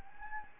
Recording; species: mosquito wingbeat signal from an infrared sensor; Anopheles gambiae